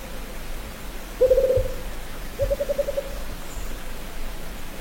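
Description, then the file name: Rufous-capped Motmot song: two short, low, quavering hoots, each a quick tremolo of pulses, over a soft background hiss. "Canto da juruva"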